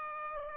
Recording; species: mosquito wingbeat signal from an infrared sensor; Aedes aegypti